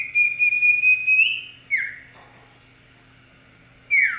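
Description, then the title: Oriental magpie-robin song: a long, bright level whistle rising slightly at the end, then a short falling slur, a pause, and another sharply descending whistle, over a faint low electrical hum. "Kicau Kacer"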